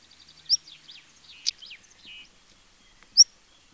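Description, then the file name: European stonechat giving thin, high rising whistles and one sharp click, with faint soft twittering notes in the background. "Tarier patre"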